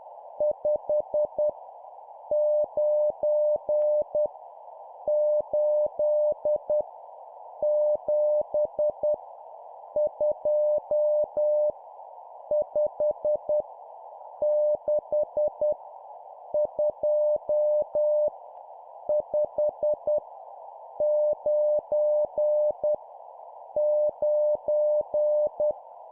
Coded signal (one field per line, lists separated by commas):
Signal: Morse code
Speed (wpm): 10 wpm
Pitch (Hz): 600 Hz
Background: none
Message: 5 9 8 7 2 5 6 2 5 9 9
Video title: 10wpm Random Numbers, morse code course